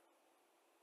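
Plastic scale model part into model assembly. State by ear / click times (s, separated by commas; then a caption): not seated / none. A small plastic part of an Academy 1/72 scale Kettenkrad tracked cycle model kit is being pressed into its mating part during assembly. Only a steady, faint broadband hiss is heard, with no distinct click or snap. The part has not seated or clicked into place yet.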